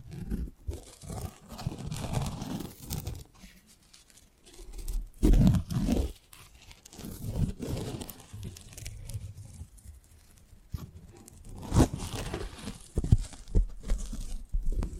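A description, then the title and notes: Close-up rustling, tearing and crinkling right against the microphone, heavy in the low end with dense, irregular scratchy bursts. Louder crunches land around five, twelve and thirteen seconds, with brief quieter gaps between handling sounds. ASMR Close Up Mic Treatment Tingle Galore (No Talking).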